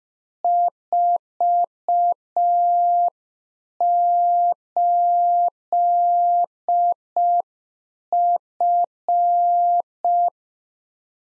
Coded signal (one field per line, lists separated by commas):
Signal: Morse code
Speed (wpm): 5 wpm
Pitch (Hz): 700 Hz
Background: none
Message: 48F